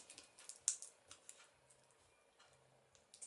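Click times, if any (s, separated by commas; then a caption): 0.7 s. The display cable connector of a Dell Alienware MX17 R3/R4/R5 laptop is slid into its socket on the replacement screen panel, with soft tapping and handling clicks throughout. A sharp, bright click at 0.7 s marks the connector seating in place, followed by quieter ticks and a low hum.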